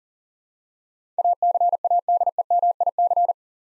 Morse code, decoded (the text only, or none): ACADEMIC